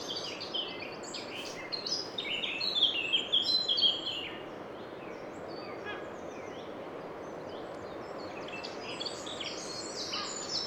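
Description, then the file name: Eurasian wren song: a burst of high, quick trilled notes in the first few seconds, then steady background hiss with faint high notes near the end. "Troglodytes troglodytes"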